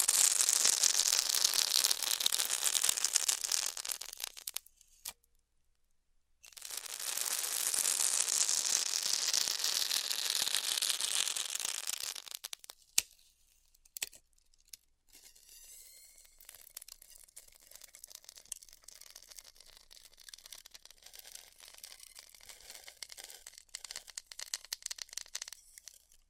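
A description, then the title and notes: Styrofoam being heat cut, heard as a dense, bright, crackling hiss. Two loud passes run from the start to about 4.5 seconds and from 6.5 to 12.5 seconds, then sharp clicks and a quieter, sparse crackle continue to the end. ASMR Styrofoam Heat Cutting (No Talking).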